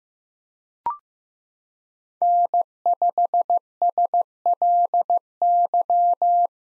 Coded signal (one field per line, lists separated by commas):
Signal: Morse code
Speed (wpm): 15 wpm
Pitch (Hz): 700 Hz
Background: none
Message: N5SLY